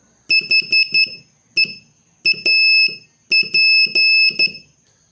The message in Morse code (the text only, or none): HEAP